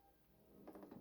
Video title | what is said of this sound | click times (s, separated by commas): Kream approves this transformation: Jhiaxus: Legacy Voyager class: Blindformers 84 | and you're going to want to continue folding that in and it's going to click into place | 0.7 s, 0.8 s